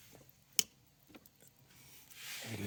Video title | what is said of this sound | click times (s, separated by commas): 2013 VW Beetle Spark Plug & Ignition Coil Install | you hear it click there | 0.6 s